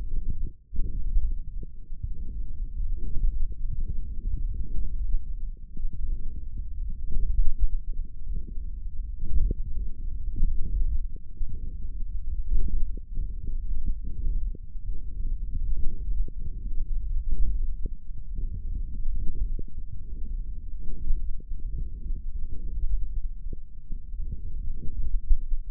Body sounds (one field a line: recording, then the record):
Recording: forearm muscle sounds (acoustic myography)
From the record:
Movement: hook grip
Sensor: system 1, eight BSWA MPA416 microphones around the upper forearm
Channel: 5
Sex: male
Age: 18 years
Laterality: right